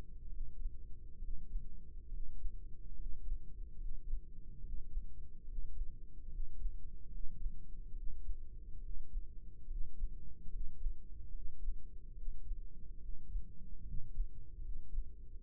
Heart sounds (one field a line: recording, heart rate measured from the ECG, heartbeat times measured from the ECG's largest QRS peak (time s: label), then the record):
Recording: heart sounds by microphone in the right ear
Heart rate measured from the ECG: 71 bpm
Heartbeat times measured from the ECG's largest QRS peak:
0.27 s: heartbeat
1.17 s: heartbeat
2.07 s: heartbeat
2.94 s: heartbeat
3.75 s: heartbeat
4.59 s: heartbeat
5.43 s: heartbeat
6.27 s: heartbeat
7.08 s: heartbeat
7.91 s: heartbeat
8.78 s: heartbeat
9.65 s: heartbeat
10.48 s: heartbeat
11.29 s: heartbeat
12.12 s: heartbeat
12.97 s: heartbeat
13.82 s: heartbeat
14.59 s: heartbeat
15.42 s: heartbeat
From the record:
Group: healthy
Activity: rest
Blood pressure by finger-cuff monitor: 107/62 mmHg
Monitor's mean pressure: 74 mmHg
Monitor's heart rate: 71 bpm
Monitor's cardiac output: 5.2 L/min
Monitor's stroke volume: 72 mL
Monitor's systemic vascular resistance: 1020 dyn s/cm5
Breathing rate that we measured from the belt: 16 breaths a minute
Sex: male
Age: 20 years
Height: 167 cm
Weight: 61 kg